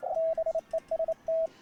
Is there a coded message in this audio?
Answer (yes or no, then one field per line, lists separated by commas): yes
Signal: Morse code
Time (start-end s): 0.2-1.5 s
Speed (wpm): 27 wpm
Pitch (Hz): 650 Hz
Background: radio noise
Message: BEST